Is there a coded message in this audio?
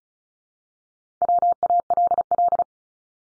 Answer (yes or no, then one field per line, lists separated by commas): yes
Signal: Morse code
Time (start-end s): 1.2-2.6 s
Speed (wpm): 36 wpm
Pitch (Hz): 700 Hz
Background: none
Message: WALL